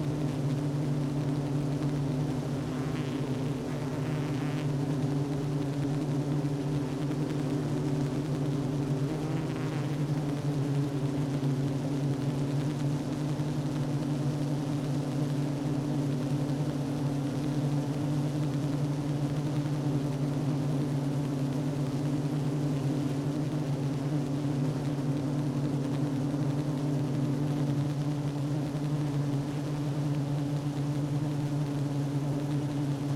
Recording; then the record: honeybee colony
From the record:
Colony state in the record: active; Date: 12 June 2018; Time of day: 10:29